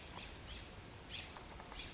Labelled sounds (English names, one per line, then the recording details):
California Towhee
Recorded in Sonoma County, California